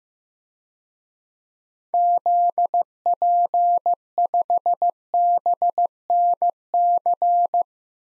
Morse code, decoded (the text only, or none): ZP5BNC